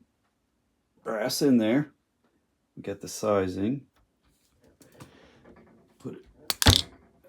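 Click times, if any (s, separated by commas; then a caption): 6.5 s, 6.6 s. A brass cartridge case is run into the sizing/decapping die on a reloading press, pushing the old spent metal primer out of the case. Someone talks, then faint handling noises follow. The primer pops out with small sharp clicks at 6.5 and 6.6 seconds.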